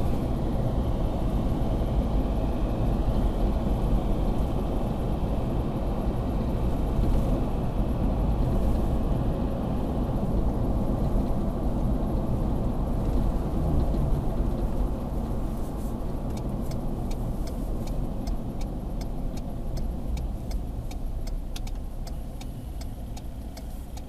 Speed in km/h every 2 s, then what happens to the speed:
66, 68, 69, 69, 69, 67, 66, 58, 47, 34, 24, 14.
0-9 steady at about 69. 9-24 brakes to 14.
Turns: none.